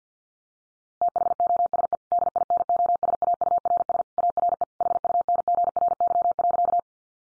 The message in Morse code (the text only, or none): THOSE DINOSAURS ARE HUNGRY.